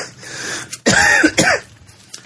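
Two quick, harsh coughs from a sick adult, close together: the first longer and more throaty with a rough, voiced edge, the second shorter. A chesty, hacking cough, with a quiet room before and after.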